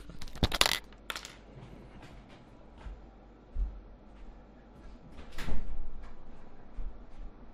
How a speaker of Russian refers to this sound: Сейчас я дверь открою на балкон, а то что-то пиздец, жарко.